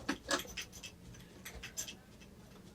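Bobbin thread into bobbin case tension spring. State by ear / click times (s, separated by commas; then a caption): not seated / none. The bobbin thread of a Pfaff Icon/Expression sewing machine is pulled to the left with the bobbin held still, drawing it toward the bobbin case tension spring. Short, soft rustling ticks are heard around 0.1, 0.8, 1.5 and 1.6 seconds. The thread has not yet clicked into the tension spring by the end.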